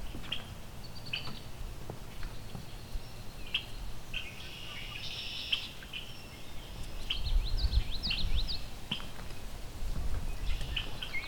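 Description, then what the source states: Red-winged Blackbird calls: quick chips and short buzzy trills scattered throughout, with rustling and low noise rising toward the end. Unhappy bird flying around the recordist's head on a boardwalk through a marsh full of red-winged blackbirds.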